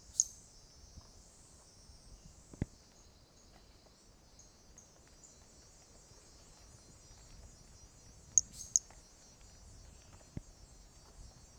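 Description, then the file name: Pumpkin toadlet chirps, a single high note early on, then a close pair later, with a constant high insect whine throughout. 18 January 2018; individual 05; first note of the call missing; animal not collected. "Brachycephalus mirissimus 18 jan 2018 individual 05 ex 02 first note missing L F Ribeiro not collected"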